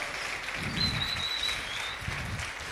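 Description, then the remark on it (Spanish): An audience applauds for God in a steady, dense wash of clapping that holds at an even level for a few seconds, with no voices over it. “¿Cuánto le dan un aplauso a Dios?”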